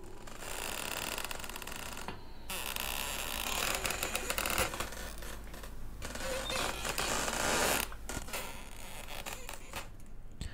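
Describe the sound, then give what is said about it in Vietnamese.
A wooden coffin creaks and twists: a dense, rasping creak of wood grinds on for about ten seconds, scratchy and rattling, with brief dips near the two- and eight-second marks. It is fairly loud, and no one speaks. “Cảm giác cái quan tài gỗ nó bắt đầu vặn vẹo, nghe ken két đến kinh dị.”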